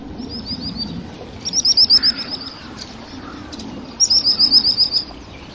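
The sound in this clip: Bird singing short high trills of quick repeated notes in three separate bursts, each lasting about a second, with faint background hiss.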